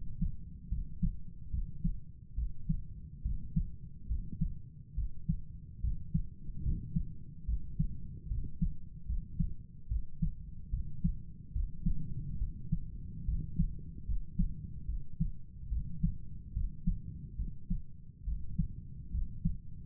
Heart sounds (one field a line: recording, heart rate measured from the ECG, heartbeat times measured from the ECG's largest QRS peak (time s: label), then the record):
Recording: heart sounds by stethoscope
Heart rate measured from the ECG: 72 bpm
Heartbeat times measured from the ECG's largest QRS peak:
0.69 s: heartbeat
1.51 s: heartbeat
2.35 s: heartbeat
3.23 s: heartbeat
4.08 s: heartbeat
4.95 s: heartbeat
5.81 s: heartbeat
6.63 s: heartbeat
7.46 s: heartbeat
8.28 s: heartbeat
9.06 s: heartbeat
9.88 s: heartbeat
10.71 s: heartbeat
11.53 s: heartbeat
12.38 s: heartbeat
13.25 s: heartbeat
14.06 s: heartbeat
14.86 s: heartbeat
15.69 s: heartbeat
16.53 s: heartbeat
17.36 s: heartbeat
18.25 s: heartbeat
19.11 s: heartbeat
From the record:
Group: healthy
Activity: rest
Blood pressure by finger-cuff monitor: 119/67 mmHg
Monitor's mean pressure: 81 mmHg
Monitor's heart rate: 72 bpm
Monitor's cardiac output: 7.2 L/min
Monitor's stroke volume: 100 mL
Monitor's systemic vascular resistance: 810 dyn s/cm5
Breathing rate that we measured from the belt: 23 breaths a minute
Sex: male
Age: 35 years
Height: 180 cm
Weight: 86.9 kg